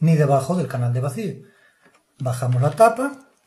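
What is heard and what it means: Someone talks while handling the plastic lid of a vacuum sealer, which is being lowered over the bag toward the base. Two stretches of speech are heard, separated by a short quiet gap. Nothing has seated or clicked yet; the lid has not latched by the end of the clip.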